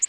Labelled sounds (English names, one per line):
Orange-crowned Warbler flight call